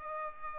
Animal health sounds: mosquito wingbeat signal from an infrared sensor; Culex pipiens

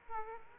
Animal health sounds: mosquito wingbeat signal from an infrared sensor; Aedes aegypti

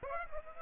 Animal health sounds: mosquito wingbeat signal from an infrared sensor; Aedes aegypti

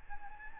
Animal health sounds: mosquito wingbeat signal from an infrared sensor; Aedes albopictus

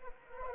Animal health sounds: mosquito wingbeat signal from an infrared sensor; Anopheles arabiensis

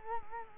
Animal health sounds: mosquito wingbeat signal from an infrared sensor; Culex quinquefasciatus

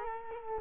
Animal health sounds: mosquito wingbeat signal from an infrared sensor; Culex quinquefasciatus

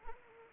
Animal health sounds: mosquito wingbeat signal from an infrared sensor; Anopheles arabiensis

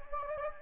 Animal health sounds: mosquito wingbeat signal from an infrared sensor; Anopheles gambiae

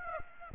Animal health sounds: mosquito wingbeat signal from an infrared sensor; Aedes aegypti

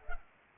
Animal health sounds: mosquito wingbeat signal from an infrared sensor; Culex pipiens

